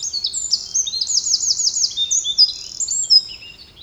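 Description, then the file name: Eurasian wren song of high, fast notes with a rolling trill of repeated looped phrases, closing with scattered sharp chirps. "Troglodytes troglodytes"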